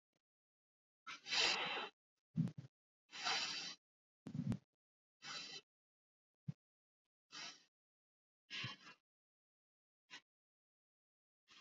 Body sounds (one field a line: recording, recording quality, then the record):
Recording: deep breathing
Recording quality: excellent, no background noise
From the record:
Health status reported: exposed to COVID-19, no respiratory illness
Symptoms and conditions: cold, fatigue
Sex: male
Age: 51 years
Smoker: no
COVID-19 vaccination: both doses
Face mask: worn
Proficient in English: yes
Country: India